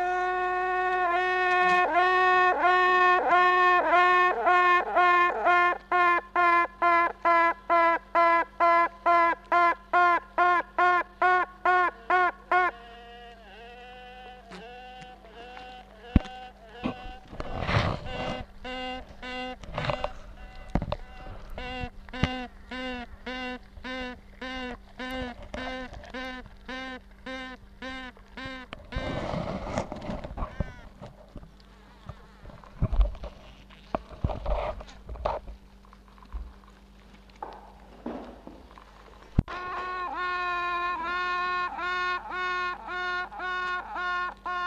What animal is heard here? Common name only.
Honey Bee